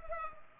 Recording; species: mosquito wingbeat signal from an infrared sensor; Culex pipiens